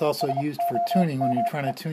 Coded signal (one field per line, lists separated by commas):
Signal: Morse code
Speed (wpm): 30 wpm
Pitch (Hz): 690 Hz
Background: speech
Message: SOME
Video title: Homebrew Arduino CW (Morse) Decoder & 4 Line LCD Display - Cheap